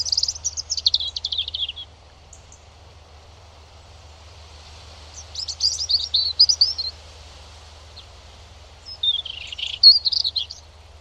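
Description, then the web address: European robin singing three separate high, tumbling warbled phrases with long silent pauses between them, each phrase mixing thin trills and descending notes. "Deverinetal 2025 File origin Bird Only Er Ru"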